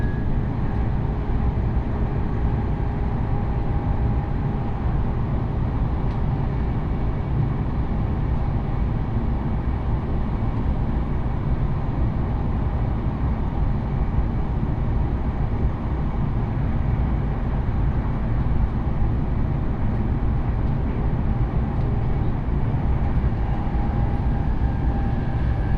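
A Joban Line local train running between Kita-Senju and Abiko, heard as a steady, heavy rumble of motion that stays at one level throughout. Faint thin whines from the motors hover above the roar, with a slightly higher tone appearing near the end.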